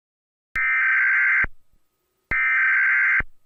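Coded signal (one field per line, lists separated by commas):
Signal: Emergency Alert System (SAME) tones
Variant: header bursts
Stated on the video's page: Fictional short scenario combining EAS tones with an earthquake early warning.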